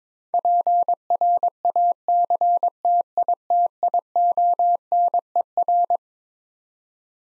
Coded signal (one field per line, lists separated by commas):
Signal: Morse code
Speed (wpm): 22 wpm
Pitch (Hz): 700 Hz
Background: none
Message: PRACTITIONER